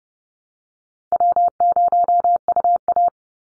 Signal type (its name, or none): Morse code